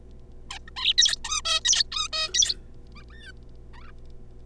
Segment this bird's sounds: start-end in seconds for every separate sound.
0.51-0.58, 0.68-0.70, 0.77-0.93, 0.98-1.16, 1.24-1.41, 1.45-1.60, 1.65-1.83, 1.92-2.08, 2.13-2.29, 2.34-2.54, 2.95-3.03, 3.10-3.31, 3.73-3.92